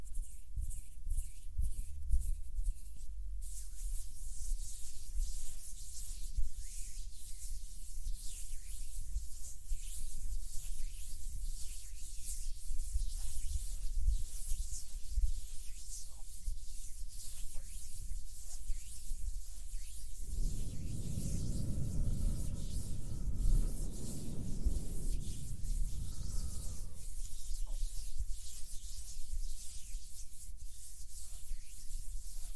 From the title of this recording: HAND SOUNDS + SOFT HAND MOVEMENS